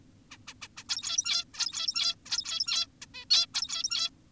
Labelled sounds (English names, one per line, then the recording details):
Zebra Finch
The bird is an adult
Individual g17y2U